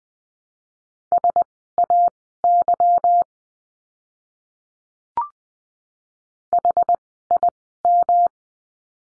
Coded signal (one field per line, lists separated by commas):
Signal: Morse code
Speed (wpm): 20 wpm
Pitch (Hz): 700 Hz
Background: none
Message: SAY HIM